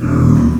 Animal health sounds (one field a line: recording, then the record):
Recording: squeal of a Yucatan mini pig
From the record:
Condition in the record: after surgery on the right vocal fold (resection and tissue-engineered implant)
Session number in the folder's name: 11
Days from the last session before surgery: 98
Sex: female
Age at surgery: 19 weeks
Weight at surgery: 25 kg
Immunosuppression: prednisolone